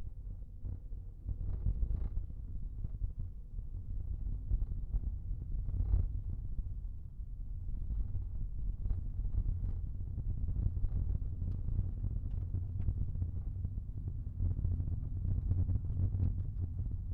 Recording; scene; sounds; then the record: everyday scene through a hearing-aid microphone; in a vehicle; engine, rumble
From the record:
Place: Skoda Fabia, gasoline engine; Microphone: behind the ear, right, front